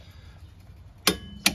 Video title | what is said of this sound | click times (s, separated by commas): 2009 Ford Escape Front End Suspension Work | Double checked it against another torque wrench, and you should hear this click. | 1.1 s, 1.5 s